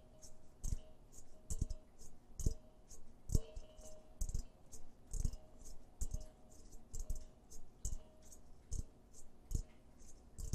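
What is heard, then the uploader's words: Fingertips and nails tap hard surfaces in a steady, fairly quick rhythm, each tap a crisp click with a dull knock underneath. ASMR tapping on different objects at varied speeds. Soft and hard tapping with nails and finger pads.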